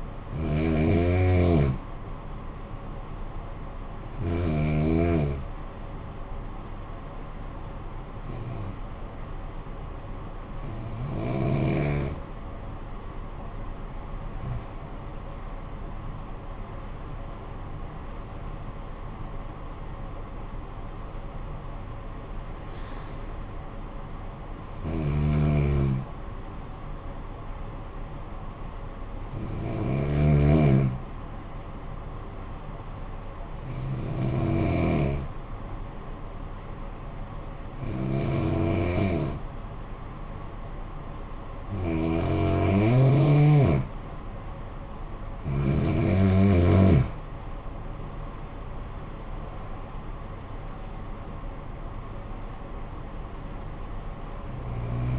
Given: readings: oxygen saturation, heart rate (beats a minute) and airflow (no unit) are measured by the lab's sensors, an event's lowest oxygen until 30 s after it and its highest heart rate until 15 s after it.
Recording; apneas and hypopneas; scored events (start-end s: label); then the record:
breathing in sleep by a smartphone at the bedside; 2
5.00-16.10 s: hypopnea (N2, oxygen 94% highest, then 92% lowest, heart rate 52 at the start, 69 highest)
30.00-46.30 s: hypopnea (N2, oxygen 95% highest, then 89% lowest, heart rate 53 at the start, 70 highest)
32.00-55.19 s: new sleep stage, N1 (lightest sleep)
From the record:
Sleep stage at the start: N2 (light sleep); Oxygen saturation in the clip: 88 to 95%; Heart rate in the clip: 52 to 70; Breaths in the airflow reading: 13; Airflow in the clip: -10.8 to 12.2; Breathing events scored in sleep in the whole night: 445 in 7.6 hours asleep